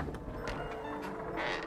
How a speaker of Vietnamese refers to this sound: Chợt có tiếng mở cửa.